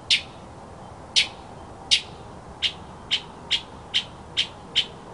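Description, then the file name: Mockingbird song: a series of nine sharp, high, clipped notes, spaced widely at first, then coming about every half second, over a faint steady hiss. Labelled a 'masteran' (tutor) sound recording of a mockingbird. "suara masteran mockingbird"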